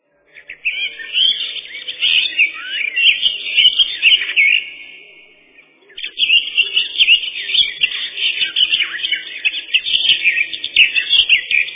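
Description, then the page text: Eurasian blackcap song in two bouts: a busy warble ending in a drawn-out note and fading out, a brief gap near five and a half seconds, then another energetic run of varied notes. "Славка-черноголовка — Sylvia atricapilla"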